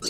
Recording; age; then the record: pig call; weaner (32 to 43 days)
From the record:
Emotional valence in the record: negative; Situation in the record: short isolation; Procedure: open field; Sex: female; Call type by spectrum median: high-frequency call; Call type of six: high-frequency stable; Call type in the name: high-frequency stable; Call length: 0.09 s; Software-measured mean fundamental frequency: 351 Hz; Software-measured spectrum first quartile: 808 Hz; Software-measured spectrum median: 4115 Hz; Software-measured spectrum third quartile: 5412 Hz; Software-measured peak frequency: 4477 Hz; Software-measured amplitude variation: 104 dB a second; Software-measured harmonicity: 3.2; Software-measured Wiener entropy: -2.75